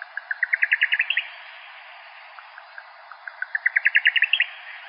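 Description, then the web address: Buff-collared nightjar song: two accelerating runs of dry chipping notes, each rising in pitch to a quick ending flourish, with faint notes between them. "Nightjars. deviche"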